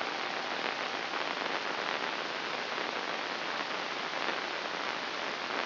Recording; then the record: brain microelectrode recording played as sound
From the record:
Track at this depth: inside the subthalamic nucleus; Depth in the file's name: 4.938 mm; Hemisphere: right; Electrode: 2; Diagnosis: Parkinson's disease